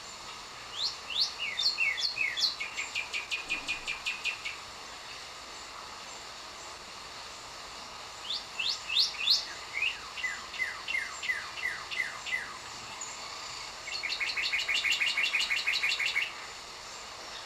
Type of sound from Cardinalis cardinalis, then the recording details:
song. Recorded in captivity. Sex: pair. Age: adult. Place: Zoo Berlin, Berlin, DE. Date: 1997-08-19 10:50. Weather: fair, 26-28°C. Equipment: Marantz CP 130, Mikro CE, Kopie Uher 4000 Report Monitor. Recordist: Tembrock, Günter. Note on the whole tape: Männchen: Strophen, dann das Weibchen (Entfernung 3 m)